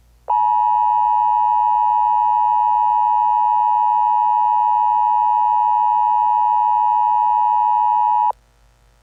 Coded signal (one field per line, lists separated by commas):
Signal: Emergency Alert System (SAME) tones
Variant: 853 and 960 Hz attention tone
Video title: EAS Scenario #58: DON'T ANSWER